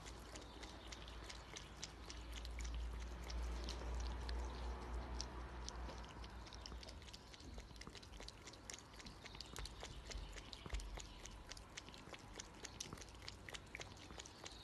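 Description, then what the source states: Cat lapping water, a steady run of quick wet clicks about four per second, with a low hum beneath and a brief louder swell early on. Cat drinking water in Hodonín, Czechia.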